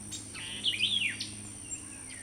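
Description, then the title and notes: White-eyed vireo song, a quick phrase of sharp slurred and warbled notes lasting under a second, over steady background hum and a high electronic tone. Recorded on 16 April 2017. "170416_w-e-vireo by Christie Mullen"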